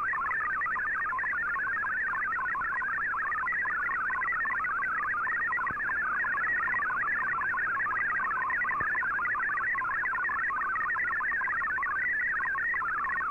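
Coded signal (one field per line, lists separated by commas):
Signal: multi-tone FSK (Olivia or MFSK type)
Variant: MFSK32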